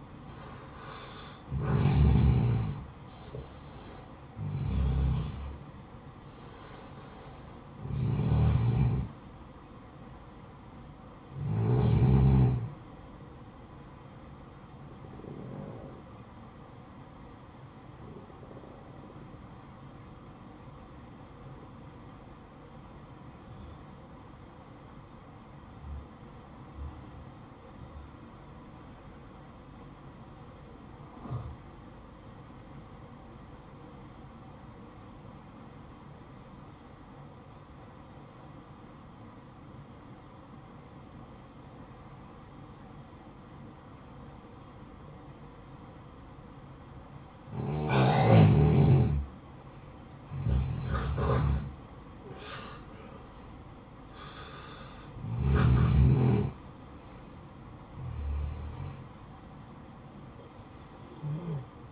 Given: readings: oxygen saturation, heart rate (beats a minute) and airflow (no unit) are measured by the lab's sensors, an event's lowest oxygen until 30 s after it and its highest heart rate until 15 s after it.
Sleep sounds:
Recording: breathing in sleep by a smartphone at the bedside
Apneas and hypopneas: 1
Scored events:
7.00-61.92 s: new sleep stage, N1 (lightest sleep)
22.00-52.10 s: obstructive apnea (N1, oxygen 95% highest, then 89% lowest, heart rate 60 at the start, 68 highest)
From the record:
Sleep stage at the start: N2 (light sleep)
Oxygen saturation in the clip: 87 to 95%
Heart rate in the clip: 54 to 68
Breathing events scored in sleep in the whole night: 573 in 9.8 hours asleep

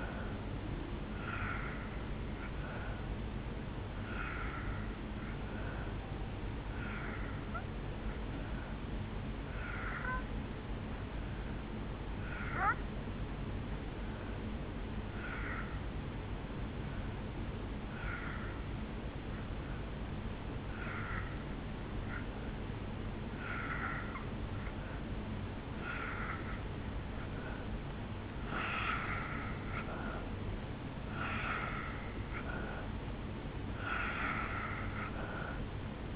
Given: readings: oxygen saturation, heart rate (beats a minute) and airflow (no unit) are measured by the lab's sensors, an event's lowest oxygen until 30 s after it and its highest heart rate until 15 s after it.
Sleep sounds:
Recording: breathing in sleep by a voice recorder at the bedside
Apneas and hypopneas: 1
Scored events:
6.00-28.70 s: hypopnea (N2, oxygen 88% highest, then 83% lowest, heart rate 65 at the start, 69 highest)
From the record:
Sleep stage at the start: N2 (light sleep)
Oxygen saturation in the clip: 85 to 88%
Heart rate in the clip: 63 to 69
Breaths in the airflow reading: 10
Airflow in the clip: -6.1 to 2.3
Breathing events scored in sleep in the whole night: 449 in 7.0 hours asleep

